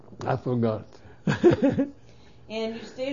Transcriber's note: he laughs